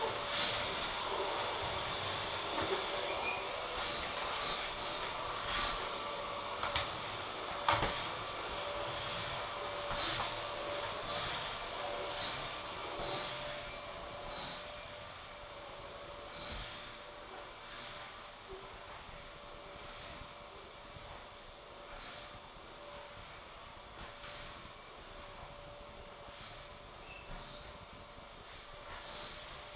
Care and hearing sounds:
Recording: daily activity, microphone in the room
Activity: vacuum cleaning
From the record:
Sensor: 5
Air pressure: 1012.0 hPa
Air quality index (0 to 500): 247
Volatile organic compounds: 5 ppm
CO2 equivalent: 1706 ppm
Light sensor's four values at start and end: 32/75/31/31 and 33/78/32/32

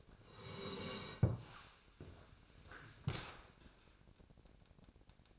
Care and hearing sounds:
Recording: daily activity, microphone in the room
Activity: sit down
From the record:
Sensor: 2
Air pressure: 1000.3 hPa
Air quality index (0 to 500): 163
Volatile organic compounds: 3 ppm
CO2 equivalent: 1360 ppm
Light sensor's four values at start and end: 9/19/9/9 and 8/20/8/9

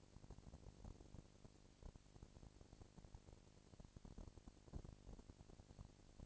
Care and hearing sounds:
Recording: daily activity, microphone in the room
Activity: no activity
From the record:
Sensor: 5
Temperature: 19.8 degrees Celsius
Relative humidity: 36.7%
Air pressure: 997.2 hPa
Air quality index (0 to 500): 169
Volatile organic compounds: 14 ppm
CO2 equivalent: 2444 ppm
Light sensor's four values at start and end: 2/3/1/1 and 2/3/1/1

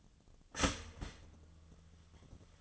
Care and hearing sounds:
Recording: daily activity, microphone in the room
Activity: start toaster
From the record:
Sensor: 4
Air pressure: 1010.1 hPa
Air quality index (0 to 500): 179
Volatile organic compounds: 5 ppm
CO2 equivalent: 1813 ppm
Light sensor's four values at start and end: 21/65/25/25 and 21/65/25/25

